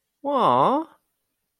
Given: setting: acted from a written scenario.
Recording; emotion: vocal sound without words; adoration